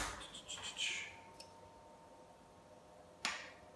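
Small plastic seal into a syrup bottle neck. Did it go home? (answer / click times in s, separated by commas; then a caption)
yes / 3.2 s. A small plastic seal is pressed into the neck of a drink syrup bottle. Brief handling noise and a faint tick at 1.4 s give way to a sharp, bright snap at 3.3 s as the seal pops into place and seats.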